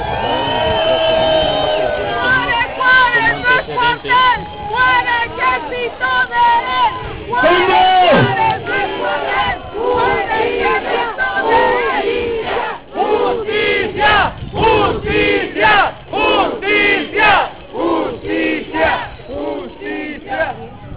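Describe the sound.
A large crowd in Ciudad Juárez shouts and roars together for about twenty seconds at a rally repudiating violence and war, loud and sustained, with rhythmic bursts of collective yelling rising and falling over a continuous wall of voices.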